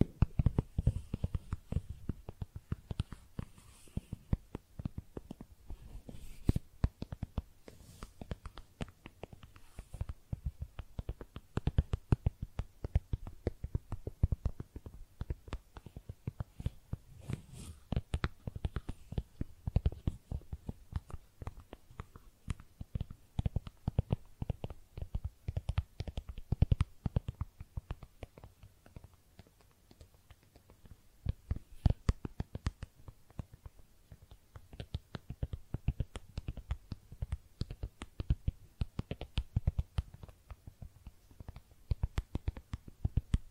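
Makeup tapping and scratching: a dense, irregular stream of quick taps and light scrapes, mostly low and thudding with some brighter clicky edges. The activity is nearly continuous, with a brief quieter lull around thirty seconds before the tapping picks back up.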